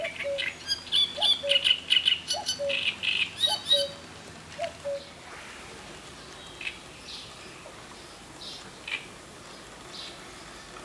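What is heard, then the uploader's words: A Great Reed Warbler sings a loud, harsh, chattering phrase for the first four seconds, rapid grating notes repeated in bursts. Then it falls quiet, leaving a soft outdoor hush with a few faint chirps and a low steady rumble. Great Reed Warbler singing at Lake Garda (Verona Italy).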